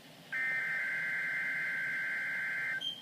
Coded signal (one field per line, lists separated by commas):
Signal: Emergency Alert System (SAME) tones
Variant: header bursts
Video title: Eas 30 ( Required Weekly Test ) 7/24/13